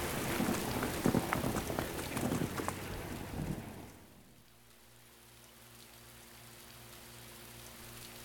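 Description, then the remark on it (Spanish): Heavy rain pours down during a thunderstorm with lightning in a dense, crackling hiss for about four seconds, then cuts off sharply to a much quieter, steady low hum with faint patter. “esto ya es una tormenta.”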